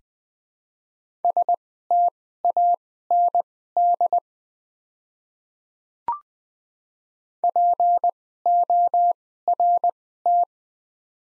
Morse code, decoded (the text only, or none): STAND PORT